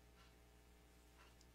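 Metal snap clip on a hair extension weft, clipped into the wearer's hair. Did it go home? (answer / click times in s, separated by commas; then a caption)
yes / 1.4 s. A clip-in hair extension weft is placed above the ear and its metal snap clip is pressed closed onto the wearer's hair. Over a low steady hum and faint rustling, a small, sharp, high-pitched click is heard at 1.4 s as the snap clip clicks shut and the extension is seated.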